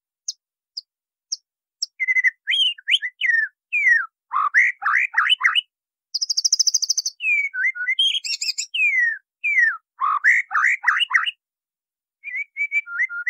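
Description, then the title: White-rumped Shama song, a rich, varied run of loud slurred whistles and rapid chirps, with a burst of very high buzzy notes midway and short pauses between phrases. Masteran (training recording) of a Murai Batu. "MURAI BATU LABAIK"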